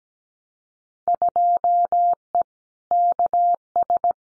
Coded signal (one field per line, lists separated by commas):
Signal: Morse code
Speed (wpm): 17 wpm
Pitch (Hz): 700 Hz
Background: none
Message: 2E KS